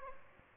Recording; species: mosquito wingbeat signal from an infrared sensor; Aedes albopictus